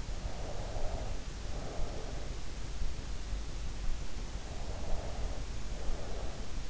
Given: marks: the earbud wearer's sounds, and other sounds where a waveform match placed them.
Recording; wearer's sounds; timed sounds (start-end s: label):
sounds in sleep by an in-ear microphone; breath
0.22-2.39 s: breath
4.65-6.70 s: breath